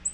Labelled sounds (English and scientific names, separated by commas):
Black-throated Green Warbler (Setophaga virens) flight call